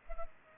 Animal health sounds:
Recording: mosquito wingbeat signal from an infrared sensor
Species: Culex pipiens

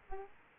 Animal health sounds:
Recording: mosquito wingbeat signal from an infrared sensor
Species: Aedes aegypti

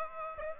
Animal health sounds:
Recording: mosquito wingbeat signal from an infrared sensor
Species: Aedes aegypti

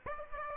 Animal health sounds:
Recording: mosquito wingbeat signal from an infrared sensor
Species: Aedes aegypti

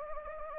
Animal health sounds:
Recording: mosquito wingbeat signal from an infrared sensor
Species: Anopheles gambiae

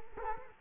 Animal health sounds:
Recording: mosquito wingbeat signal from an infrared sensor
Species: Culex quinquefasciatus

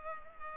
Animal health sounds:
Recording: mosquito wingbeat signal from an infrared sensor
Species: Culex pipiens

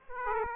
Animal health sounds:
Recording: mosquito wingbeat signal from an infrared sensor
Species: Aedes aegypti

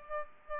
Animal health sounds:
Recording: mosquito wingbeat signal from an infrared sensor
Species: Aedes albopictus

